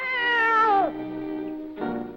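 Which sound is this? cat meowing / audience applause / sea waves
cat meowing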